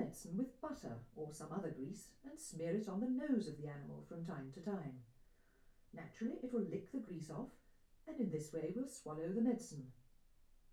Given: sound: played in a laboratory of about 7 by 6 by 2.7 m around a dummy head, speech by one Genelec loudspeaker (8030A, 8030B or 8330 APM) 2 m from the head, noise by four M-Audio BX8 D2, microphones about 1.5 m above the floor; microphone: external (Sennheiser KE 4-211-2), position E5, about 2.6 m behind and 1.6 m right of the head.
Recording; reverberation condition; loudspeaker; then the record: female speech in English; low; 90 degrees to the right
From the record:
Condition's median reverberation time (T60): about 310 ms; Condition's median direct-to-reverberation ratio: about 3.5 dB